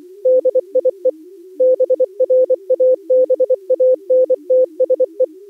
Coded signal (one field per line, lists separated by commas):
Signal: Morse code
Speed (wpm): 17 wpm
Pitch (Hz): 510 Hz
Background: music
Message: DIE BRABANTSE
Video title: Daily Minutes, January 2nd, 2016, with contestia